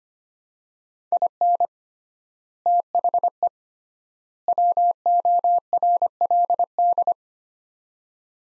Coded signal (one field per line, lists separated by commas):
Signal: Morse code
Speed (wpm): 25 wpm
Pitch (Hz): 700 Hz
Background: none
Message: IN THE WORLD